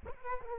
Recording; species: mosquito wingbeat signal from an infrared sensor; Culex quinquefasciatus